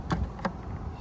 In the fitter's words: And then turn it to the right to lock it into place.